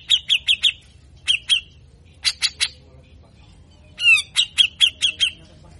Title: MASTERAN CUCAK JENGGOT GACOR FULL BESETAN KASAR DURASI PANJANG